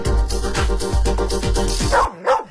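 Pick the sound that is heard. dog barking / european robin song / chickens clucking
dog barking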